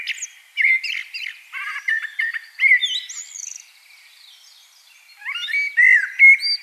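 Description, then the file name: Rich warbling blackbird song of fluted notes mixed with scratchy high flourishes, a lull midway, then another phrase ending in a clear whistle. "Turdus merula"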